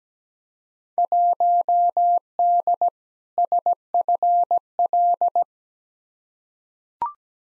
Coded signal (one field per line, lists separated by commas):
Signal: Morse code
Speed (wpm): 17 wpm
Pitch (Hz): 700 Hz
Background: none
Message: 1D SFL